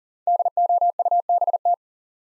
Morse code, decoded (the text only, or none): DOUBT